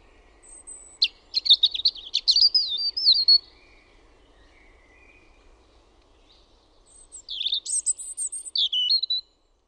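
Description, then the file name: European robin singing two bursts of high, thin, warbling phrases with rapid trills and sliding whistles, separated by a few seconds of quiet. "PUNARINTA"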